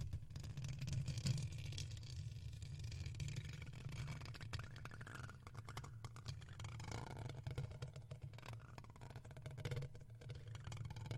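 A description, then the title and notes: A comb and a microphone are scratched, giving a steady low rumbling drone under a rough, crackly surface. Quick scrapes and clicks come in bursts throughout, thicker around the middle and toward the end, with no pauses. Comb and Mic Scratching Sounds ASMR.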